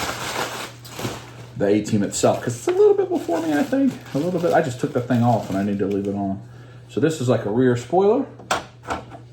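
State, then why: Seated. A plastic rear spoiler with magnets is attached to a toy vehicle. Someone talks, then the magnetic spoiler snaps into place with a sharp click at 8.5 s, and it is seated.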